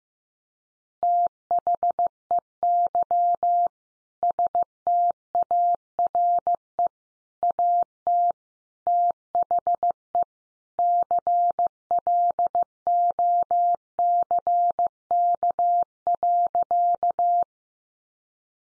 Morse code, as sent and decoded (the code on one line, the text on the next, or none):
- .... . -.-- / ... - .- .-. . / .- - / - .... . / -.-. .-.. --- -.-. -.- .-.-.-
THEY STARE AT THE CLOCK.